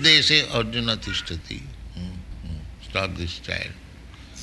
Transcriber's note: child making noise